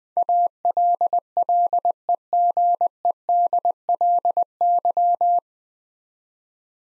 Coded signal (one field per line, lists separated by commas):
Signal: Morse code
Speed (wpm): 20 wpm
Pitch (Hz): 700 Hz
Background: none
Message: ALLEGEDLY